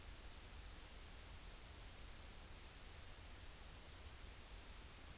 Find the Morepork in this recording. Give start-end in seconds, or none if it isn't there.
none